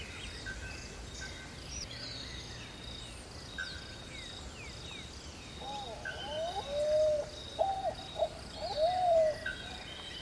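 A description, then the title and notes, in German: A Brazilian rainforest on a winter morning, with a steady bed of insect and cricket buzzing and many thin bird chirps scattered above it. From about six seconds, clearer whistled calls rise and fall repeatedly, loudest near seven and nine seconds, over a low rumble. Sanfte Dschungelgeräusche zum Einschlafen - Ein brasilianischer Dschungel an einem Wintermorgen. Naturgeräusche aus dem Regenwald.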